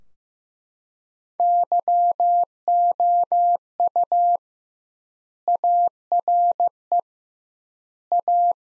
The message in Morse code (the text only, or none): YOU ARE A